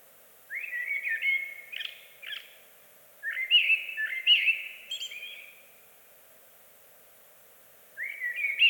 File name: Amsel Bird Blackbird